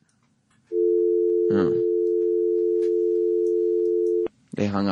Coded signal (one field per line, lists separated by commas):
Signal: telephone call progress tone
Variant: North America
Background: speech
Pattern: dial tone